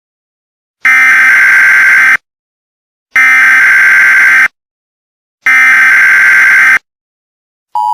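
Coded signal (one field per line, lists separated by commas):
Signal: Emergency Alert System (SAME) tones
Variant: header bursts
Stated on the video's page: Mock Emergency Alert System announcement.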